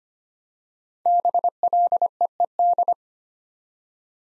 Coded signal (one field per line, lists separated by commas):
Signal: Morse code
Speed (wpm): 25 wpm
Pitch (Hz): 700 Hz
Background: none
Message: BLEED